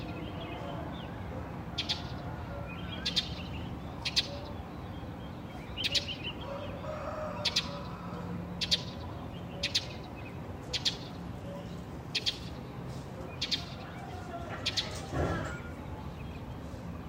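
Birds call one after another over a steady low hum, with short bright chirps recurring every second or so and a brief louder sweep near fifteen seconds.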